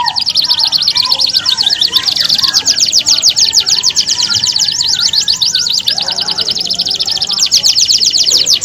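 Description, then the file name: Canaries singing nonstop, bright rapid trills and chattering sweeps layered over one another, with a few softer lower notes mixed in. Simulated standard canary singing contest. "audio-simulasi-lomba-kenari-standar 3-omkicau"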